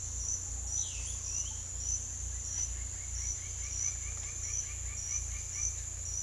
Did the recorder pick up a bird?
yes